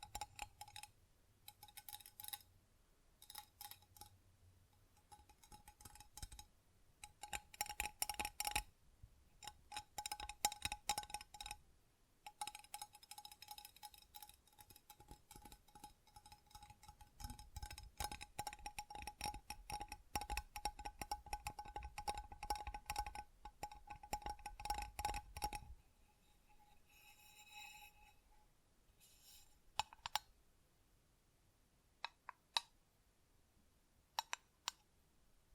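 Tapping and scratching on a tingly surface, with dense bursts of crisp scratches and quick taps through the first 26 seconds, over a steady thin ringing tone. After that it thins out into sparse, sharp single clicks and light chinks with quiet gaps between.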